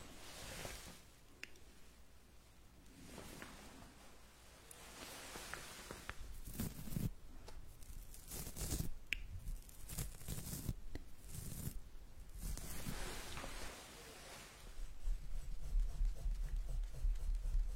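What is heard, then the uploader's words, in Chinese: Ear massage: dense rubbing and crinkling sounds come in irregular surges, with sharp scratchy flicks scattered throughout. The friction grows busier and louder after the midpoint, and a low muffled thumping joins in during the last few seconds. 按摩耳朵3（声控助眠）。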